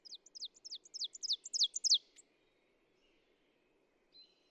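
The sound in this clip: Ovenbird song: sharp slurred phrases repeated rapidly and growing louder, over a low background rumble, followed by a brief faint whistle.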